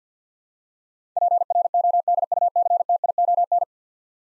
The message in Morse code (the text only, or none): PRODUCTION